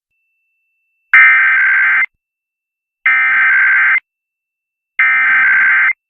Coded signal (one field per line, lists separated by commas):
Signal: Emergency Alert System (SAME) tones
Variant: header bursts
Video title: The Usual Weekend Tests (EAS #20761-20765) 7/20-21/24